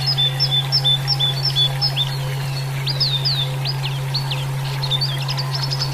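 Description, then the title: Oriental magpie-robin singing clear whistled notes, some held flat and some sharply rising, in a lively varied sequence over a steady low hum. "Kicau Kacer"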